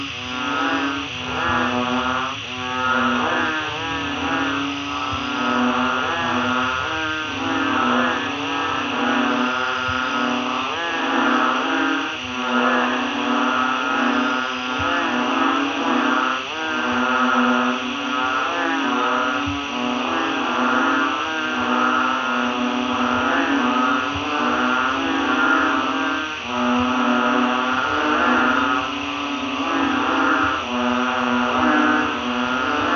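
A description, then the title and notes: Frogs call in a dense, unbroken chorus, their croaks stacking into buzzing, pulsing tones that swell and dip like idling engines. A steady high hiss hangs above the whole time, and the loudness stays even from start to finish. The recording of frogs in Thailand reminded me of a shaky canon. To reinforce this I used a sampler to layer the sample gradually added delay. Otherwise, the recording was not cut and no additional sounds were added. Thai frogs reimagined by Nihad El-Kayed.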